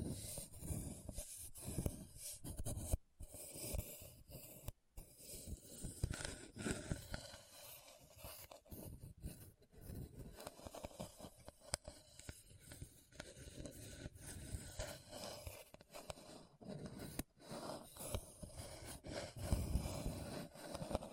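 Scratching over a hard, bumpy surface, rough and almost continuous, made of dense quick strokes and clicks with a heavy low rumble underneath. Short silent breaks cut in around three and five seconds, and louder scrapes bunch up near the end.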